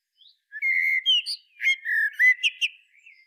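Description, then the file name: Common blackbird giving a short warbled phrase of clear, low fluted whistles that rise and dip, ending with a few higher slurred notes. "Turdus merula"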